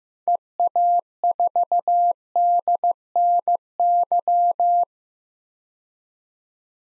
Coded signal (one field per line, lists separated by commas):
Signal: Morse code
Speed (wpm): 16 wpm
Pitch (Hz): 700 Hz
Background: none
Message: EA4DNY